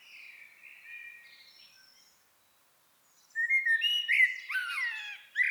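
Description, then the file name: Eurasian blackbird song: soft warbling at first, a pause, then louder whistled and chattering phrases mixed with high twitters. "Turdus merula"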